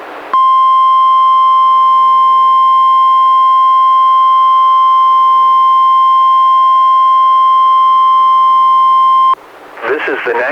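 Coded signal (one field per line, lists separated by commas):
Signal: Emergency Alert System (SAME) tones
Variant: 1050 Hz attention tone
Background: speech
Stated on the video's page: Required weekly tests issued by the weather service, relayed by a weather radio station, recorded from a Reecom R-1630 weather radio to computer via USB.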